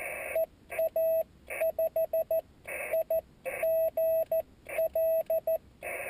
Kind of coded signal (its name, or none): Morse code